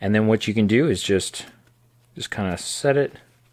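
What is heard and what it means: Someone talks while an Eachine E016F Triphibian micro quadcopter is being set into its plastic 3-in-1 ground/water shell, whose front clip catches the quad's nose. Nothing has seated or clicked into place yet.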